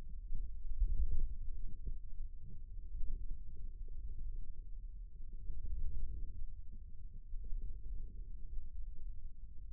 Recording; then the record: forearm muscle sounds (acoustic myography)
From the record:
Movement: wrist extension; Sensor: system 2, bracelet of six BSWA MPA416 microphones around the upper forearm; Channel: 3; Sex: male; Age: 22 years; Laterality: right